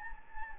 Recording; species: mosquito wingbeat signal from an infrared sensor; Anopheles gambiae